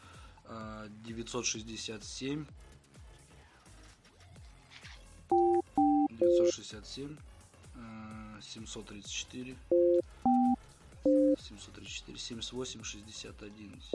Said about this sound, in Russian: Так, набираю Яна по твоему номеру.